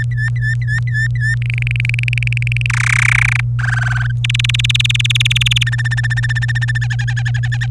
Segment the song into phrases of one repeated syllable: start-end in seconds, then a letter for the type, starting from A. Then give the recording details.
0.12-1.35 A, 1.42-2.66 B, 2.69-3.41 C, 3.59-4.11 D, 4.24-5.63 E, 5.67-6.78 F, 6.82-7.66 G. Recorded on 26 April 2018 at 18:18. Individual llb3